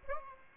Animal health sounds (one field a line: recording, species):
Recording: mosquito wingbeat signal from an infrared sensor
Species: Aedes aegypti